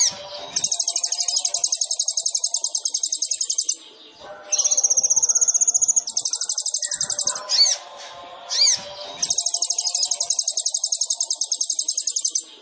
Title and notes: MASTERAN KOLIBRI NINJA FULL ISIAN DAN TEMBAKAN MEWAH COCOK BUAT PANCINGAN. Suara Burung Kolibri Ninja Gacor